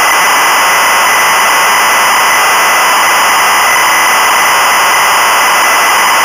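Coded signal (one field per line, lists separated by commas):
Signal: ZX Spectrum tape loading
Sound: continuous harsh buzzing screech of cassette data, no lead tone heard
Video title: Lord of the Rings Game One [SIDE A] (1985) - Sinclair ZX Spectrum (Full Tape Rip / Cassette Load)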